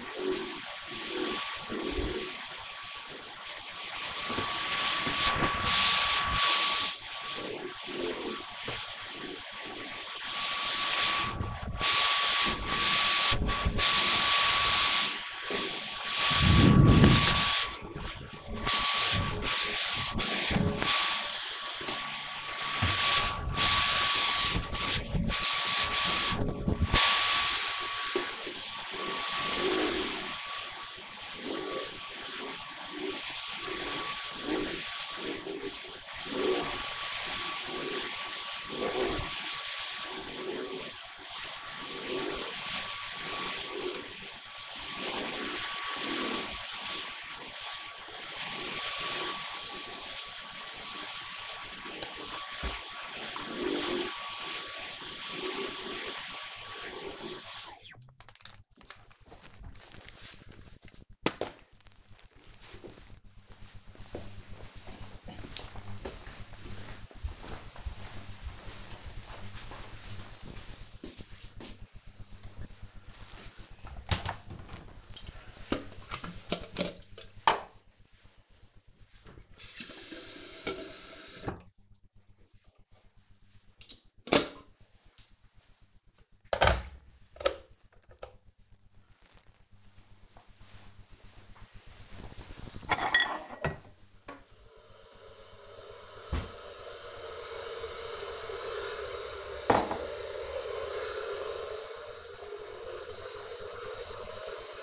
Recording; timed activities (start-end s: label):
household activities, microphone on the right wrist
0.00-57.11 s: vacuum cleaning
72.24-104.83 s: making tea